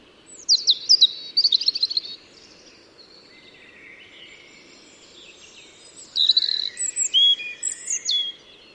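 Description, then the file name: European robin song: two loud bursts of high, thin, tumbling phrases with sharp notes and warbled trills, with fainter phrases between them. "Erithacus rubecula"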